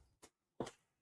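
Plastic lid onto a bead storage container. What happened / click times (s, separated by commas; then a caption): The plastic lid snapped into place / 0.6 s. A plastic lid is pressed onto a small diamond-art bead storage container. A faint tap sounds at about 0.2 s, then a single sharp, louder snap at 0.6 s as the lid seats into place.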